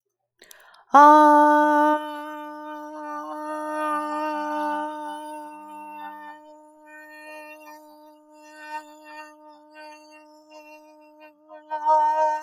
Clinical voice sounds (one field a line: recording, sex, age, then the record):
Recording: vowel held as long as possible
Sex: female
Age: 30 to 39 years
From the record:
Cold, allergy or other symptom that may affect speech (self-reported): no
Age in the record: 35 years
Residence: Ohio, United States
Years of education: 16